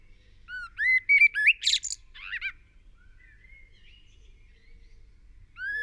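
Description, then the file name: Eurasian blackbird song: a quick mellow whistled phrase that breaks into high shrill twitters, followed by a soft trailing note and silence, with another phrase starting at the end. "Turdus merula"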